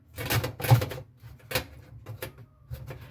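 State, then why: Not seated. A plastic filter is fitted back into the sump housing of a GRUNDIG dishwasher and twisted to lock it home, producing short plastic clatters and scrapes with sharper knocks around 0.4, 1.6 and 2.2 seconds. The filter does not lock in, and nothing has seated or clicked yet.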